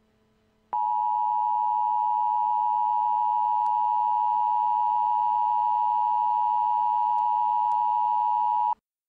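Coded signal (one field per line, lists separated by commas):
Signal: Emergency Alert System (SAME) tones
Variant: 853 and 960 Hz attention tone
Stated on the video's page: Real Severe Thunderstorm Warning alert, recorded from a NOAA weather radio stream.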